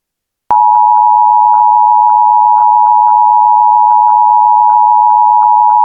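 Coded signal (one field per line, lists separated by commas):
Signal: Emergency Alert System (SAME) tones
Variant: 853 and 960 Hz attention tone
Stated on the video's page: Statewide Blue Alert for Tennessee received on NOAA Weather Radio.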